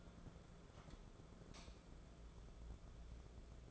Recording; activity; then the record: daily activity, microphone in the room; light on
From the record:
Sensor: 5